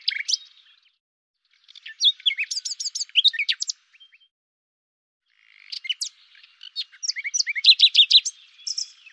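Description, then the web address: Common nightingale song: varied phrases of sharp chirps and fast repeated note series, with pauses of a second or two between bursts; no other sounds. "cianscape birddata Deverinetal 2025"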